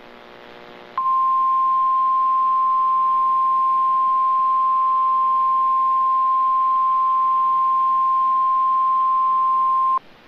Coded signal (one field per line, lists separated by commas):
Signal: Emergency Alert System (SAME) tones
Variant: 1050 Hz attention tone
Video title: (EAS #17) Severe Thunderstorm Warning | 4/16/2024